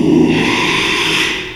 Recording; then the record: squeal of a Yucatan mini pig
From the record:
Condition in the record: after surgery on the right vocal fold (resection and tissue-engineered implant); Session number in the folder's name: 1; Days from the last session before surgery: 6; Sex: male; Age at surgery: 12 weeks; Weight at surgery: 13 kg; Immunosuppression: cyclosporine, prednisolone